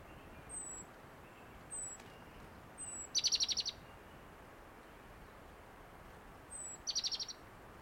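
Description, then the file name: Great tit call: two short bursts of rapid, high chattering notes, separated by faint thin high whistles repeated at intervals. "Parus major"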